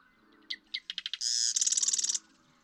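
Marsh Wren song: accelerating dry clicks building into a harsh buzz, then a rapid rattling trill that stops abruptly.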